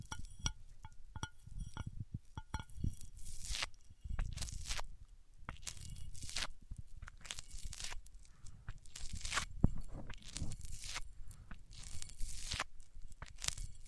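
Microphones rubbed across different surfaces give a dense run of scraping, crunching strokes with heavy low thumps underneath. Short bright scratches and a few ringing clicks come in the first three seconds, then longer, louder sweeps arrive every second or so until the end.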